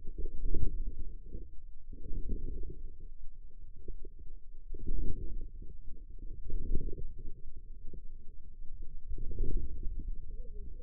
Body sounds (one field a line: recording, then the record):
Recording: forearm muscle sounds (acoustic myography)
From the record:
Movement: inward rotation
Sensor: system 2, bracelet of six BSWA MPA416 microphones around the upper forearm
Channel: 5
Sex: female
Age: 21 years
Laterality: right